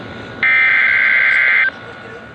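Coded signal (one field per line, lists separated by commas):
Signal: Emergency Alert System (SAME) tones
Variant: header bursts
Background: speech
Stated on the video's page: NOAA Weather Radio flash flood warning alert.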